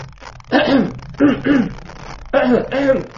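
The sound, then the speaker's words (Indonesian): A voice imitates throat clearing: three voiced, two-part ahem-like bursts, each low and rough with a rising-falling pitch, separated by short pauses. “Kadang-kadang kalau kita ngajar, ada sebagian orang yang batuk-batuk, berdem.”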